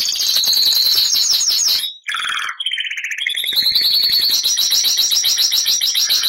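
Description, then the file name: Bernois canary delivering a continuous fast trill, briefly broken near two seconds, then resuming in a long, steady rolling trill. Song of the Bernois canary breed. "canto do canario bernois"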